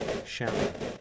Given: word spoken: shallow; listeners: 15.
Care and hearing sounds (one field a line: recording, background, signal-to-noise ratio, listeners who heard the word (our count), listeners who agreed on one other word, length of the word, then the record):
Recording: one English word in noise, from a listening test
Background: noise modulated by three-talker babble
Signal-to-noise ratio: -3.5 dB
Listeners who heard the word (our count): 1 of 15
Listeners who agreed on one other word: 7 of 15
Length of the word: 0.61 s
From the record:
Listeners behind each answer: 7, 3, 1, 1, 1, 1, 1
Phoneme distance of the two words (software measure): 27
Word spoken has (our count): 2 syllables, 4 phonemes, stress on syllable 1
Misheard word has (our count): 2 syllables, 3 phonemes, stress on syllable 1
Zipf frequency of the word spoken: 3.87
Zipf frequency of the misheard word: 4.52